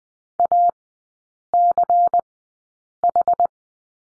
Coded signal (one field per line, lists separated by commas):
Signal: Morse code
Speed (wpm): 20 wpm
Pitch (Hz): 700 Hz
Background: none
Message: ACH